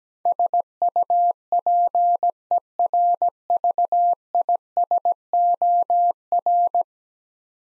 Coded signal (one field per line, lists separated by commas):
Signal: Morse code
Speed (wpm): 17 wpm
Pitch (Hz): 700 Hz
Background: none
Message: SUPERVISOR